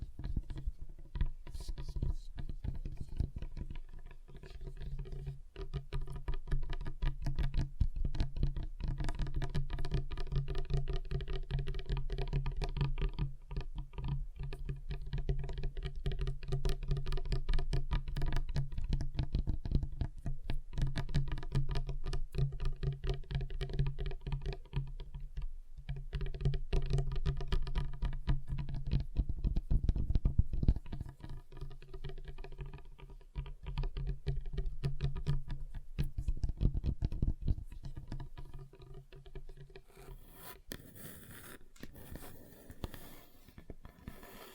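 Fingers tap rapidly and densely on a table, a continuous low patter with shifting tones, thinning after about 38 seconds into sparser taps.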